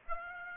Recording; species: mosquito wingbeat signal from an infrared sensor; Aedes aegypti